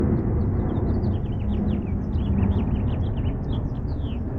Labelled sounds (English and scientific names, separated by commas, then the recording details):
House Finch (Haemorhous mexicanus) song
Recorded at Neponsit on Long Island, New York, on 4 June 1975
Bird D